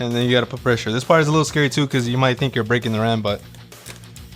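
Someone talks while a first RAM module is lined up over a motherboard DIMM slot and pressed down with both hands, followed by a couple of faint, brief knocks near the end. The stick has not clicked into place yet; the plastic retention clips on both ends have not snapped shut by the end of the clip.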